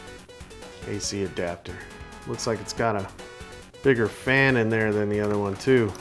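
A plastic rear port cover is handled on a game console dock while someone talks over background music. The cover is being moved back toward shut, but nothing has seated or clicked yet.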